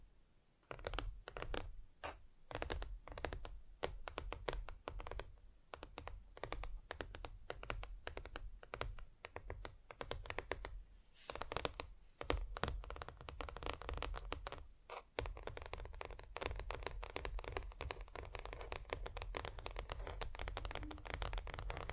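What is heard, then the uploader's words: Fingers tap rapidly on different surfaces, dense irregular clicks and scratchy knocks with low thumps, growing busier and steadier after fifteen seconds. ASMR Just Tapping (Different Surfaces No Talking).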